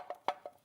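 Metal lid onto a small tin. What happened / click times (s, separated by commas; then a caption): The metal lid clicked shut / 0.3 s. The metal lid of a small vintage tin, used for holding watercolors, is pressed shut and snaps firmly into place with one sharp click at 0.3 s. Softer taps come just before and after, and the lid ends up closed and seated.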